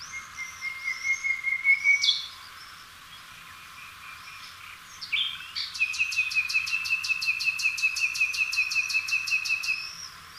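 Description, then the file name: Common nightingale singing a long steady whistle, then after a pause a sharp note leading into a long fast series of repeated clicking pulses over a sustained tone. "Luscinia megarhynchos"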